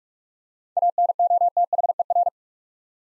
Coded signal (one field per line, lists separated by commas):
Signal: Morse code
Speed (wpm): 47 wpm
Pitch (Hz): 700 Hz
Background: none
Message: ANOTHER